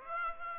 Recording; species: mosquito wingbeat signal from an infrared sensor; Aedes aegypti